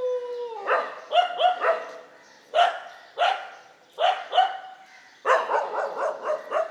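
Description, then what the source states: Dogs barking, a short falling whine at the start, then clusters of rapid, rough barks separated by brief pauses. Several dogs barking together in morning street ambience on Mission Street, MG Road area, Puducherry, India.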